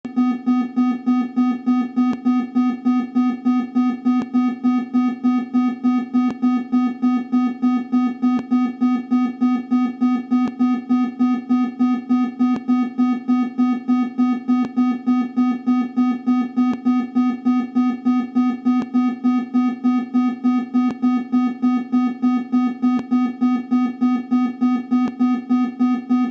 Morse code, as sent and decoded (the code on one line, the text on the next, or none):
none